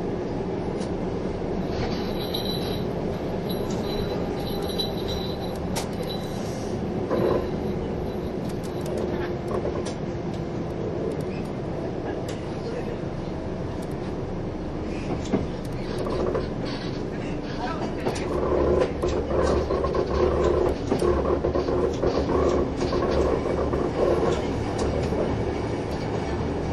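A train runs steadily for the whole clip, a dense low rumble with rattling and faint clicks over it. From around 16 seconds the running grows a little louder and rougher, with a stronger low roar and some faint squealing near the end.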